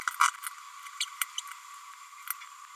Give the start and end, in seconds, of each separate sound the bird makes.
0.20-0.28, 1.00-1.05